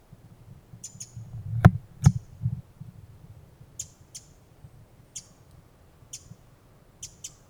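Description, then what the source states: Pacific wren calls: sharp, high chip notes, singly and in pairs, repeated at intervals of about one to three seconds, with two louder clicks early on and a low rumble underneath. Recorded in October on a wilderness walk.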